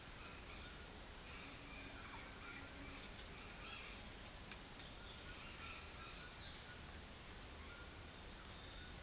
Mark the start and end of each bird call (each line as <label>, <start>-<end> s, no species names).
bird call, 0.00-9.02 s